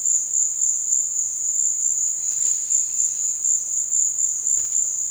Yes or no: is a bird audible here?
yes